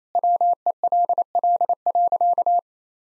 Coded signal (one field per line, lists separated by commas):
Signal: Morse code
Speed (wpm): 28 wpm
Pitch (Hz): 700 Hz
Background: none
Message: WELL.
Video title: Easy Sentences with Hints - 28wpm